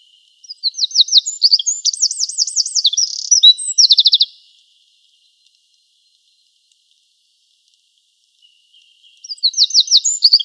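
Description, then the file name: Eurasian wren songs, two loud high bursts of fast looping trills and rattles, the first lasting about four seconds, separated by a long silent gap. "Troglodytes troglodytes"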